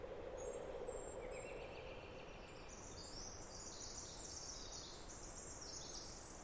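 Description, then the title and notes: Pacific wren song, a rapid cascade of very high tinkling trills, faint against steady background noise. Snider Jackson/Rugged Ridge trail, May 11-13 2018, morning after the dawn chorus, while camping. "The very loud Pacific Wren. Over the weekend of 2018 May 11-13 I spent some time camping in and briefly hiking the beginning section of the Snider Jackson/ Rugged Ridge trail"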